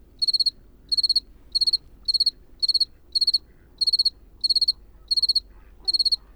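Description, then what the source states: Cricket chirping in repeated bursts of several rapid high pulses, with a soft low background hum. At night in the Camargue; temperature below 10 degrees, the cricket finding it hard to sing in the cold.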